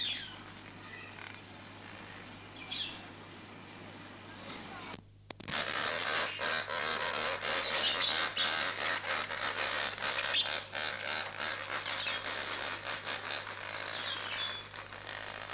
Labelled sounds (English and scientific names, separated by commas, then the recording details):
Lesser Flamingo (Phoeniconaias minor)
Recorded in captivity
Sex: group
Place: Zoo Berlin, Berlin, DE
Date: 2006-06-07 17:35
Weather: heiter, 16°C
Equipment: Grundig CR 110, Sennheiser ME 80, Kopie Uher 4000 Report Monitor
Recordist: Tembrock, Günter